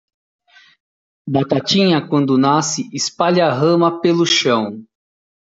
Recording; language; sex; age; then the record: short text; Brazilian Portuguese; male; 40 to 49 years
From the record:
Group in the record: control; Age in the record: 42 years